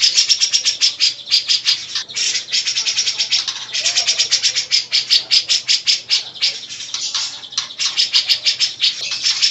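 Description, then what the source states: Grey-cheeked bulbul: an unbroken run of high, harsh chattering notes, rapid and rhythmic, rising and falling in loudness. Long-duration master song used to train birds.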